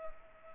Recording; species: mosquito wingbeat signal from an infrared sensor; Culex pipiens